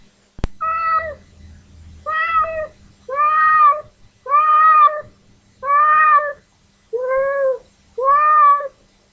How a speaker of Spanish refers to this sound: Este es un gato que espera su comida.